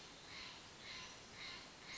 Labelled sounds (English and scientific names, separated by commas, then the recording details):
Steller's Jay (Cyanocitta stelleri)
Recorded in Sonoma County, California